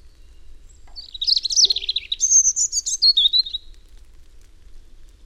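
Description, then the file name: European robin song, a sweet phrase of high thin whistles and fast tumbling trills, lasting about three seconds. "Erithacus rubecula"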